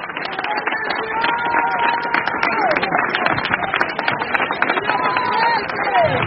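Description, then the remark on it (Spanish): An audience breaks into steady, dense applause lasting several seconds, with scattered voices calling out and cheering over the clapping. “Dele ese aplauso al que vive.”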